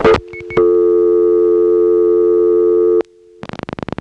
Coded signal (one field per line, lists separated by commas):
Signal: telephone call progress tone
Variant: North America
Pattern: dial tone